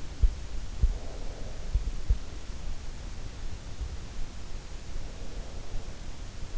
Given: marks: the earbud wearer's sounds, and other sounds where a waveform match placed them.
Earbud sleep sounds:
sounds in sleep by an in-ear microphone; breath
0.63-1.57 s: breath

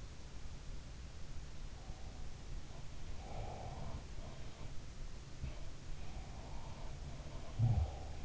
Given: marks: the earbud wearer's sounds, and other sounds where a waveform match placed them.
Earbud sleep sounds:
sounds in sleep by an in-ear microphone; breath
1.69-4.08 s: breath
5.17-8.25 s: sound from someone else or the room
5.91-8.25 s: breath

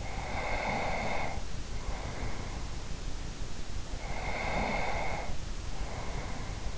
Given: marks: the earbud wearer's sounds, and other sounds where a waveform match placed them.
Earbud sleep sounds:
sounds in sleep by an in-ear microphone; breath
0.02-2.93 s: breath
4.00-6.78 s: breath

